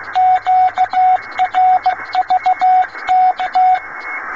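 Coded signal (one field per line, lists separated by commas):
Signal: Morse code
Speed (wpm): 15 wpm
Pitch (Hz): 740 Hz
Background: radio noise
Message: QRV TT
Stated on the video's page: Morse contact recreating the 1923 Radio Malabar to Radio Kootwijk link, recorded about 27.5 km north of Radio Malabar.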